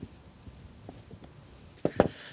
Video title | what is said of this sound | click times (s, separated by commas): How to Repair a Yamaha Water Pump - F225 - F300 4.2L V6 Models - DIY Yamaha Outboard Maintenance | don't forget to put this back on snaps into place | 1.8 s, 2.0 s